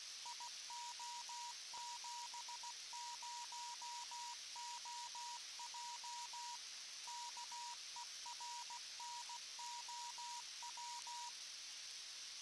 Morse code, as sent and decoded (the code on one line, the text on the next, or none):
.. --- --... ----- --- .--- / -.- . .-. -. --- .--
IO70OJ KERNOW